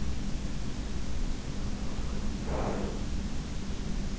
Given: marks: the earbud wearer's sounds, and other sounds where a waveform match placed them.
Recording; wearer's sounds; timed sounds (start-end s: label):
sounds in sleep by an in-ear microphone; breath
0.64-3.79 s: breath